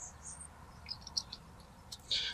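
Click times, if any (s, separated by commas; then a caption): 1.2 s. The original Ford F150 mirror harness connector is pushed into a Boost Auto 20-to-8 pin adapter during a tow mirror install. A few light plastic ticks lead up to a sharp click at 1.2 s, followed by another small tick and a short burst of high hiss at the end. The connector is confirmed clicked in place.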